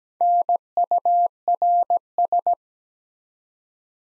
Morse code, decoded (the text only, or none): NURS